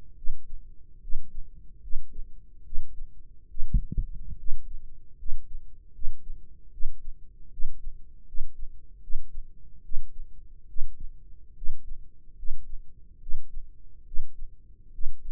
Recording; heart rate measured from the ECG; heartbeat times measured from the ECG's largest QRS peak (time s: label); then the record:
heart sounds by microphone in the right ear; 73 bpm
0.15 s: heartbeat
1.00 s: heartbeat
1.80 s: heartbeat
2.63 s: heartbeat
3.47 s: heartbeat
4.36 s: heartbeat
5.16 s: heartbeat
5.92 s: heartbeat
6.70 s: heartbeat
7.50 s: heartbeat
8.25 s: heartbeat
9.00 s: heartbeat
9.82 s: heartbeat
10.66 s: heartbeat
11.54 s: heartbeat
12.35 s: heartbeat
13.19 s: heartbeat
14.04 s: heartbeat
14.91 s: heartbeat
From the record:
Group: healthy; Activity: rest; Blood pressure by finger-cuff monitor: 134/78 mmHg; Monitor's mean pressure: 96 mmHg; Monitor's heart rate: 73 bpm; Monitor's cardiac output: 6.3 L/min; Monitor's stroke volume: 87 mL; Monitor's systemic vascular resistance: 1110 dyn s/cm5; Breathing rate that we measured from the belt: 18 breaths a minute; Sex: male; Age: 21 years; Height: 180 cm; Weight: 67.5 kg